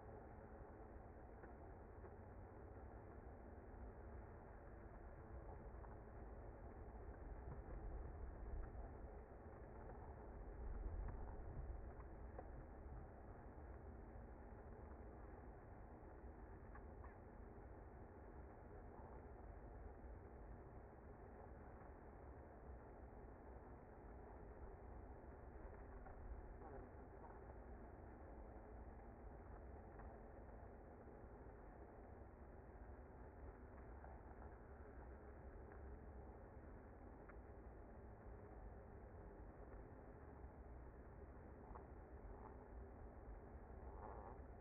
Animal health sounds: honeybee colony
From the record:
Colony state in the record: active

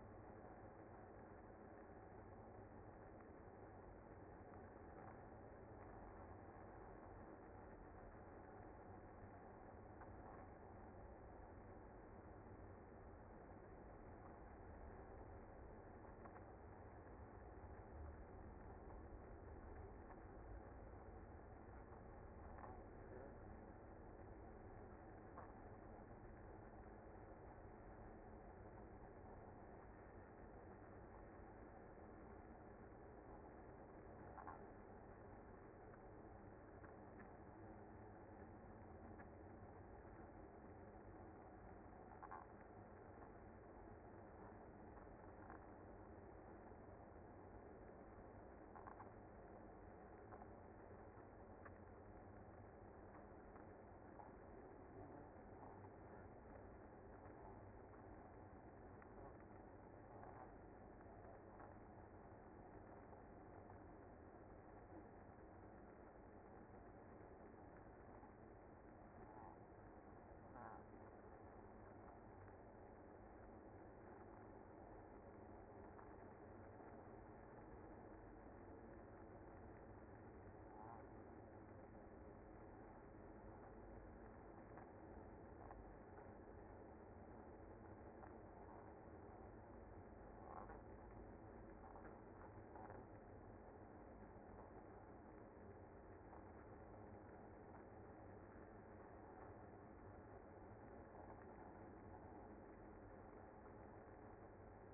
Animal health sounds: honeybee colony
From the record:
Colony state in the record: active

